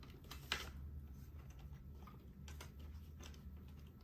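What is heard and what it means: A folding Polaroid instant camera is folded shut, its body latch snapping closed with a sharp click at 0.5 s. A few quieter taps and handling sounds follow over a low steady hum, and the camera is latched closed.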